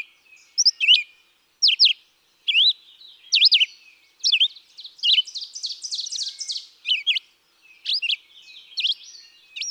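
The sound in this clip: Red-eyed vireo singing short, slurred whistled phrases separated by brief pauses, with a buzzier stretch in the middle.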